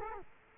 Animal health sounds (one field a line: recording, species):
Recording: mosquito wingbeat signal from an infrared sensor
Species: Culex quinquefasciatus